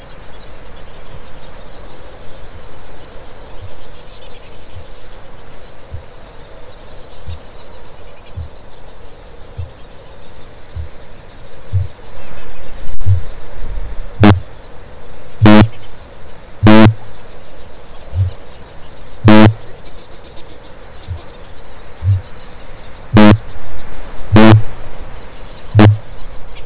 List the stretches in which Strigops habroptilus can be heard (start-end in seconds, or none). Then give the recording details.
3.27-7.61, 8.06-13.30, 13.90-17.02, 18.02-18.39, 19.06-19.73, 20.74-22.37, 23.00-26.13. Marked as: faintness 4/5, faintness 3/5, faintness 1/5, faintness 2/5. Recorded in New Zealand. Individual Stumpy